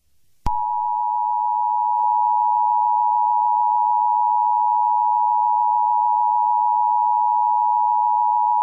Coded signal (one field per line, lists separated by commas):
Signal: Emergency Alert System (SAME) tones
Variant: 853 and 960 Hz attention tone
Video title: EAS Scenario #26: Mickey Error 1 The Final Chapter